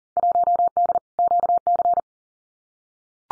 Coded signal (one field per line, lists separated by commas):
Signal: Morse code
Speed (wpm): 40 wpm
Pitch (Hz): 700 Hz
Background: none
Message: 1D QC